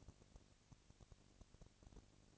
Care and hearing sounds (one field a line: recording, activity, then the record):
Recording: daily activity, microphone in the room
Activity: no activity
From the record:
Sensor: 4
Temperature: 22.5 degrees Celsius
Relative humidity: 33.4%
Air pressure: 999.6 hPa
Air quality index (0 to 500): 230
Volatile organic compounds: 20 ppm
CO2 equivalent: 2702 ppm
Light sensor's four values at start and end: 2/3/1/1 and 2/3/1/1